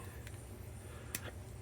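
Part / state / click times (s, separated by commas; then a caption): plastic piece on an action figure's ball joint / released / 1.1 s. A fitted plastic piece is pulled off the ball joint of a GI Joe Classified Series Night Force Big Ben action figure before its heads are swapped. After a faint tick at 0.3 s, the piece comes off easily with a sharp small pop at 1.2 s, cleanly released.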